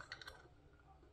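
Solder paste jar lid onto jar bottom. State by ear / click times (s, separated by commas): not seated / none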